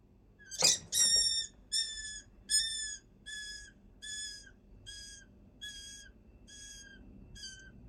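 Rat distress calls: a harsh burst, then a series of shrill, harmonic squeaks that slowly fade.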